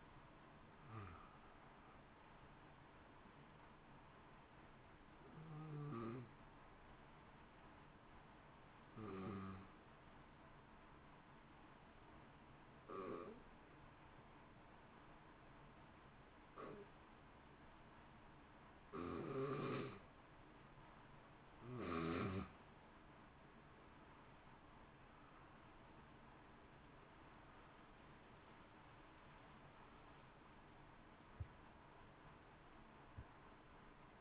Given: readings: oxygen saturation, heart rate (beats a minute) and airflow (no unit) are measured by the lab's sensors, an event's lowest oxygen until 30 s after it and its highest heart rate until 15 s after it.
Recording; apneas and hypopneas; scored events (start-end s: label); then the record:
breathing in sleep by a voice recorder at the bedside; 1
12.00-23.10 s: hypopnea (N1, oxygen 95% highest, then 85% lowest, heart rate 56 at the start, 68 highest)
From the record:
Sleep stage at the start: N1 (lightest sleep); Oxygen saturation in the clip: 85 to 95%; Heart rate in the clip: 56 to 68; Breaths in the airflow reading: 13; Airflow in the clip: -0.7 to 0.8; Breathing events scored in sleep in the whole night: 328 in 6.3 hours asleep